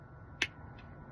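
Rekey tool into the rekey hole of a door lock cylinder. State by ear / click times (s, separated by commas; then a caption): seated / 0.4 s. A rekey tool is poked into the rekey hole of a door lock cylinder held in a rekey cradle while the cylinder is being rekeyed. A single sharp, bright click sounds at 0.4 s as the tool engages and seats, followed by a much fainter tick near 0.8 s over a steady low background hum.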